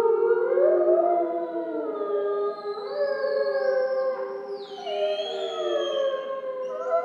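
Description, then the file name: Grey wolf: grey wolves howling in chorus, several long overlapping howls gliding up and down in pitch, continuous throughout with no pauses. Several wolves, recorded in Schorfheide on 29 October 2015. "Wölfe und Kolkrabe Schorfheide 151029"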